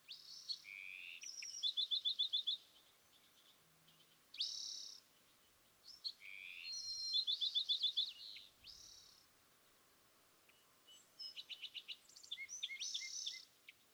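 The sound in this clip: California thrasher singing high, varied phrases with brief pauses between them, mixing harsh notes with fast repeated trills, over steady background hiss.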